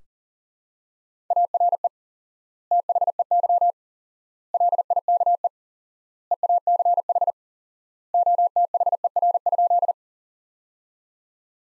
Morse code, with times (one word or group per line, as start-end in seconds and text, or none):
1.3-1.9 ARE
2.7-3.7 THEY
4.5-5.5 LIKE
6.3-7.3 EACH
8.1-9.9 OTHER?